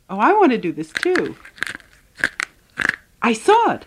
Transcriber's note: soundbite of candy cracking